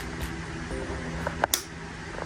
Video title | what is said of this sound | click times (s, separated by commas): Pro Mechanic Installs BMW S1000RR Cylinder Head & Times Engine (Expert Guide) | Once you hear that click, you know you're at 20 Newton meters, | 1.4 s, 1.5 s